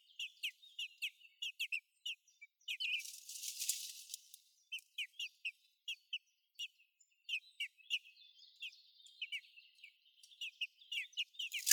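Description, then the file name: Eurasian blackbird calls: sharp, high, downward-slurred chip notes repeated many times, with a brief burst of hissing noise partway through. "Turdus merula"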